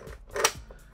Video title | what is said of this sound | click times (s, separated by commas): Review - Katana Magazine Adapter That's Compatible With More Kits + Flared Mag Well! | print that's just how it is so you just slip it in it fits in this fine locks | 0.4 s